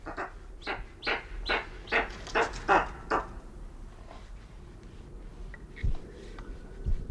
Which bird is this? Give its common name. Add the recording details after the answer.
Eastern Imperial Eagle. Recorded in captivity. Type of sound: call sequence. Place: Timmendorfer Strand, Holsteinische Schweiz, Schleswig-Holstein, DE. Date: 1992-09-21 15:23. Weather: sonnig, 22°C. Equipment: Marantz CP 430, Sennheiser ME 80, Kopie Tesla B 116. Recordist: Tembrock, Günter. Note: Vogelpark Niendorf; Lautfolge